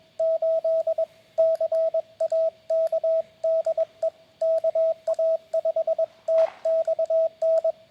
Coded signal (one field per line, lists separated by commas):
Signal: Morse code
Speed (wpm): 22 wpm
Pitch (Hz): 650 Hz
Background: radio noise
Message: 8 CA K DE KA5TXN